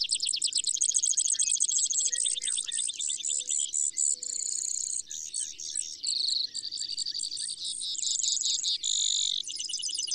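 Brewer's sparrow pouring out a varied chain of thin, high trills, some rapid and rattling, others slower and more musical, with only brief breaks.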